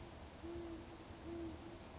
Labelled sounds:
Band-tailed Pigeon
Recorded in Sonoma County, California

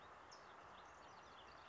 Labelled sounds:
California Towhee
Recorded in Sonoma County, California

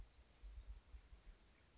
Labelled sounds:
Western Flycatcher
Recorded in Sonoma County, California

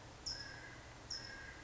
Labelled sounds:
California Towhee
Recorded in Sonoma County, California

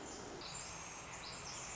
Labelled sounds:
Pacific Wren
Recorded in Sonoma County, California

